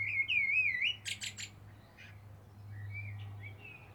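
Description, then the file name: Common blackbird giving a wavering fluted whistle followed by several high scratchy notes, then soft fainter whistles; steady low hum throughout. "Turdus merula"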